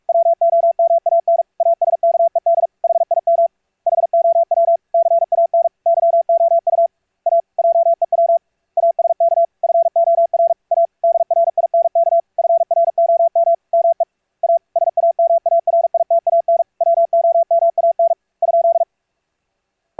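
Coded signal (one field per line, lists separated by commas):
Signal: Morse code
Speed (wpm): 46 wpm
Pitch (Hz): 680 Hz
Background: none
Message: WOMAN ASKED HIM HOW CAN YOU A JEW ASK FOR A DRINK FROM ME A SAMARITAN WOMAN ?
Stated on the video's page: VLF RF CW keyed with a CW keyer and sent as I/Q stereo over an internet server on a Raspberry Pi 4, demodulated to audio CW.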